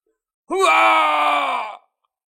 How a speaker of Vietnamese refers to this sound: Hồng Đế hét lên kinh hoàng.